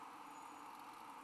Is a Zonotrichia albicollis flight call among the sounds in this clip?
no